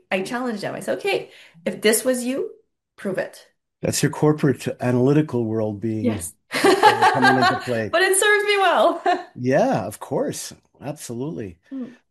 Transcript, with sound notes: I challenge them.
I say, "Okay, if this was you, prove it."
That's your corporate analytical world being-
Yes. (laughs)
... coming into play.
But it serves me well.
Yeah, of course. Absolutely.